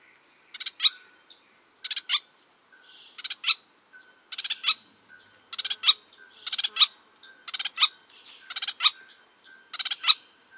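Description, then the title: Rufous-capped Spinetail calling: short stuttering bursts of rapid, high, rattling notes, repeated about every second. "LuckyPassaro Completos2Sama. Rufous-capped Spinetail (Synallaxis ruficapilla)"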